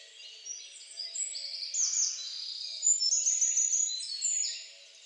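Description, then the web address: Bird calls, high thin chirps and short trills running steadily, with a faint low hum underneath. "Deverinetal 2025 File origin Bird Only"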